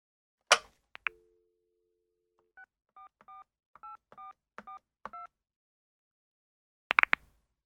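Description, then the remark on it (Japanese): A handset is picked up with a clatter, a brief dial tone hums, then a string of short two-tone keypad beeps dials a number before another clunk ends it. “電話してください。”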